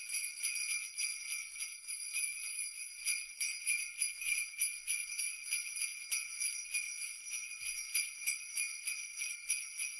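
Sleigh bells jingle continuously in a bright, dense shimmer, shaken in a steady rapid rhythm, with no other sounds.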